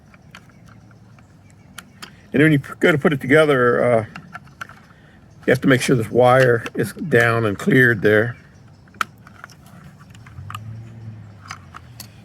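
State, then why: Seated. A VW Jetta steering column switch module is pushed back onto the steering column after a wire is pushed down and cleared out of the way. Someone talks, then small ticks and handling sounds lead to a sharp click at 9.0 seconds as the module clicks into place and is engaged, followed by a few softer taps.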